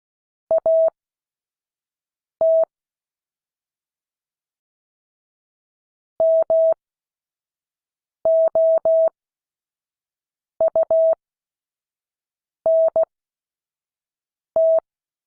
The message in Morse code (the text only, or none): AT MOUNT